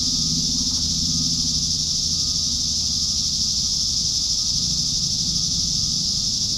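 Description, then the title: Cicadas buzz in a constant high drone, accompanied by a soft low humming rumble throughout. "neoscenes: cicadas"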